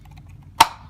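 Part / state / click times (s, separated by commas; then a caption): oil filter element onto filter housing cap / seated / 0.6 s. A new oil filter element for a diesel Jeep Wrangler is pressed onto its plastic filter housing cap until it clips on. Over a quiet low background hum, a single sharp, bright click sounds at 0.6 s and fades quickly. The element is seated on the cap.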